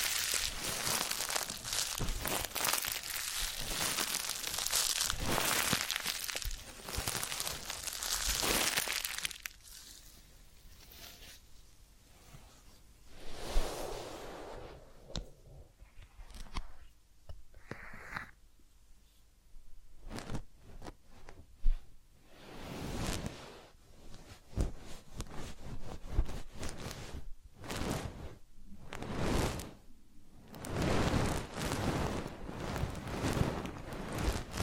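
Massage and ear cleaning sounds: dense, steady rubbing and crinkling fills the first nine seconds, then thins into quieter stretches broken by short scratchy bursts and taps. From about 23 seconds the crackly rubbing returns in irregular strokes.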